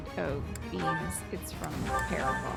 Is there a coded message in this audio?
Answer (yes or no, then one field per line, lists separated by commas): no